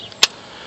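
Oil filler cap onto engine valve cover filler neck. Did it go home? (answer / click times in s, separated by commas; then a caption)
yes / 0.1 s, 0.2 s. After an oil refill on a 2001 Dodge Ram 1500 truck, the plastic oil filler cap is twisted back onto the valve cover filler neck until snug. A faint click comes at 0.1 seconds, then a sharp, loud click at 0.2 seconds, over quiet background noise. The cap is seated.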